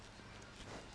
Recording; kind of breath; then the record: one breath in and out by a microphone near the nose and mouth; strong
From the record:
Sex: male